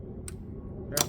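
Pressing down on the release tab of the plastic electrical connector on the ignition coil pack of a 2021–2026 Chevrolet Trailblazer/Trax 1.3L Turbo; it is a little tough at first, then a sharp click at 0.3 s as the connector pops free. A second, louder sharp sound follows at 1.0 s over a low background hum.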